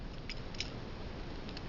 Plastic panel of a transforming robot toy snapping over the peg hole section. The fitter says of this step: so now it's locked into place